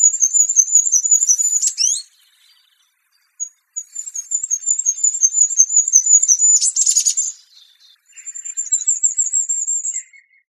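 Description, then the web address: Bird calls: a very high, thin, rapid trill runs in long stretches broken by short pauses, with a few brief harsh bursts and a final softer trill. "cianscape. Deverinetal 2025. Bird Only"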